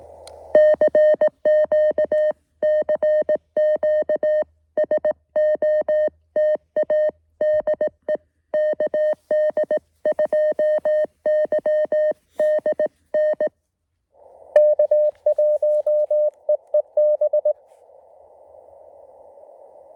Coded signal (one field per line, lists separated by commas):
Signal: Morse code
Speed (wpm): 18 wpm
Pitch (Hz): 620 Hz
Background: music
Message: CQ CQ SOTA DE KD2YDN K1EEB